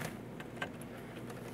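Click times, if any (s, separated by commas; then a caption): none. A front-panel USB 3 cable connector is pushed by feel onto the motherboard header during a BitFenix Phenom M Micro ATX build. Faint handling ticks and scrapes come at about 0.0, 0.4 and 0.6 s over a steady background hiss. Nothing has seated or clicked yet.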